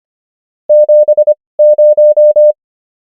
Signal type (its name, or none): Morse code